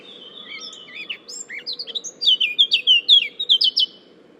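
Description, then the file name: Eurasian blackcap starting with soft twittering notes, then a loud run of clear whistled notes, against a gentle low background hum. "Sylvia atricapilla"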